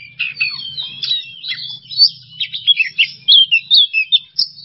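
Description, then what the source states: Oriental magpie-robin song of warbled phrases building into loud, evenly spaced whistled notes over a faint low hum. Masteran training recording for songbirds; song style called "bongkar isian", with the bird in an excited ("emosi") state.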